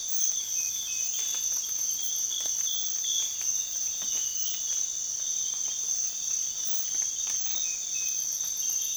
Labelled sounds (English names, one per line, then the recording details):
none
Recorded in secondary vegetation near Puerto Asís, Putumayo, Colombia, on 19 June 2025 at 05:30
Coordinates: 0.485, -76.322
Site GP06